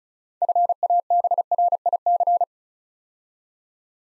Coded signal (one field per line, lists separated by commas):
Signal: Morse code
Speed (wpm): 36 wpm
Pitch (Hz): 700 Hz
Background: none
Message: FABRIC